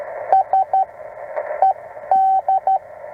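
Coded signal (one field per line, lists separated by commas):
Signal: Morse code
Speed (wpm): 13 wpm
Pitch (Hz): 770 Hz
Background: radio noise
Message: S ED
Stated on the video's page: CW POTA activation from a state park, offered as call-sign copy practice.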